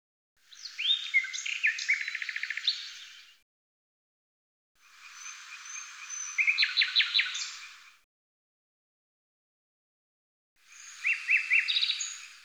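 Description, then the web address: Common nightingale song in three separate phrases, each mixing whistled notes with fast, rattling trills of repeated notes, and silent pauses between phrases. Cleaned and normalized. "Deverinetal 2025"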